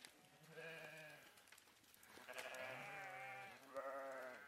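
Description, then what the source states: Katahdin sheep bleating three times in quick succession, each a nasal, wavering call, the middle one longest, with light background noise. Katahdin ewes answering the farmer's calls and running up the hill to eat corn, Rocky Top Ranch, Holton, Kansas.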